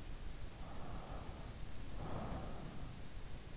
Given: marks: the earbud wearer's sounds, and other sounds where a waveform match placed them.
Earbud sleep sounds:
sounds in sleep by an in-ear microphone; breath
0.50-3.04 s: breath

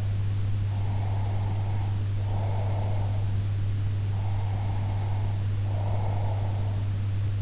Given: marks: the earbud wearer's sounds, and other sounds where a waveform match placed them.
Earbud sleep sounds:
sounds in sleep by an in-ear microphone; breath
0.74-3.23 s: breath
4.15-6.77 s: breath

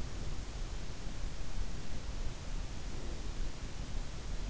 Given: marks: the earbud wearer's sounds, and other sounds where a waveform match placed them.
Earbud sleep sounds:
sounds in sleep by an in-ear microphone; breath
2.58-3.79 s: breath

